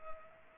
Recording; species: mosquito wingbeat signal from an infrared sensor; Culex pipiens